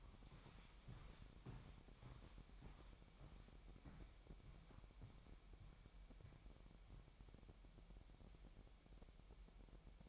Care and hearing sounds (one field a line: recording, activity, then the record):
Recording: daily activity, microphone in the room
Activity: walk to room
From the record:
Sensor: 1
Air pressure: 1012.3 hPa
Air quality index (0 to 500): 203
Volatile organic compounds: 4 ppm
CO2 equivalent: 1633 ppm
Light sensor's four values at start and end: 75/178/76/80 and 77/183/77/81